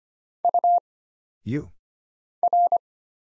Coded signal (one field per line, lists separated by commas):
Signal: Morse code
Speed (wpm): 25 wpm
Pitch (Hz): 700 Hz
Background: none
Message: U R